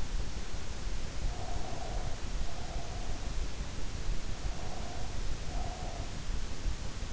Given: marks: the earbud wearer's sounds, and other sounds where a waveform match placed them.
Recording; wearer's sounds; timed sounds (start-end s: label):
sounds in sleep by an in-ear microphone; breath
1.21-3.49 s: breath
4.43-6.31 s: breath